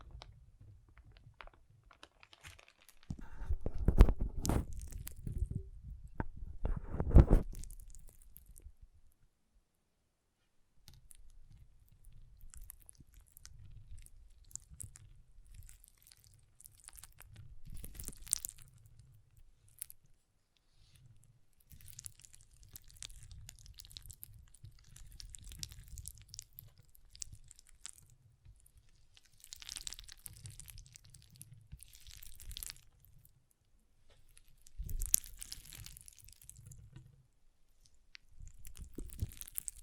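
Water beads are squished and handled in irregular bursts, mostly low, muffled squelching with soft crackly, crunchy detail on top. The loudest squeezes come early, around four and seven seconds, and again near thirty-five, with a brief quiet pause around ten seconds.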